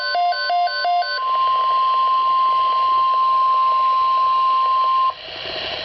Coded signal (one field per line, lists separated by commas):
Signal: Emergency Alert System (SAME) tones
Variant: 1050 Hz attention tone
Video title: EAS Alerts #347 and #348- Severe Thunderstorm Watch 8/31/13